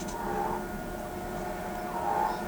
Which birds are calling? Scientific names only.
none